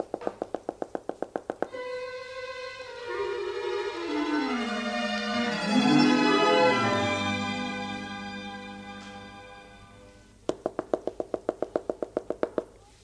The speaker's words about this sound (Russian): Стучит. Саня Григорьев, это я, Робинзон Крузо, ваш сосед по книжной полке.